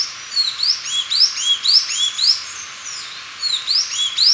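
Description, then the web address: Hooded mountain tanager song, a loud chorus of repeated upslurred and downslurred whistled notes, rising and falling in bursts about twice a second. Ecuador. "Natures Songs S America Birds of Ecuador Hooded Mountain-Tanager"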